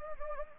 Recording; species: mosquito wingbeat signal from an infrared sensor; Anopheles gambiae